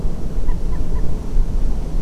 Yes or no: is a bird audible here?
yes